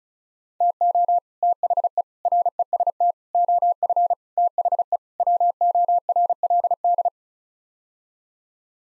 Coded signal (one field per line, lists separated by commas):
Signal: Morse code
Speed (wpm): 34 wpm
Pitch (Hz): 700 Hz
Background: none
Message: TO THE REST OF THE WORLD